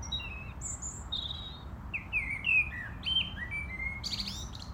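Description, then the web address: European robin song: a run of thin, high, varied whistled notes and trills, some sliding up or down, shifting pitch from phrase to phrase over a low background rumble. "rotkehlchen"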